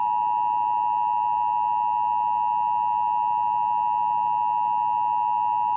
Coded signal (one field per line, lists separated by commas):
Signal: Emergency Alert System (SAME) tones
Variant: 853 and 960 Hz attention tone